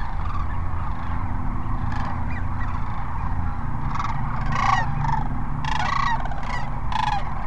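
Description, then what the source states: Sandhill cranes giving loud rolling, trumpeting calls in short bursts, several distinct calls clustered toward the end, over a softer flock chorus and low rumble. Sandhill cranes at Cochise Lakes on 30 January 2019.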